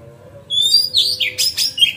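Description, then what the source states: Magpie-robin song: clear whistled notes slurring between pitches, then a burst of harsh, buzzy chatter and short high chirps. Masteran song.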